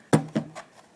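A plastic foundation sheet, bowed in the middle, is scooted into the groove of a wooden Langstroth beehive frame's grooved top bar until it snaps in. Two sharp snaps are heard at 0.1 s and 0.4 s, the first louder, followed by a faint trailing rustle. The foundation is seated in the frame groove.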